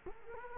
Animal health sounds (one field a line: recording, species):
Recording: mosquito wingbeat signal from an infrared sensor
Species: Culex quinquefasciatus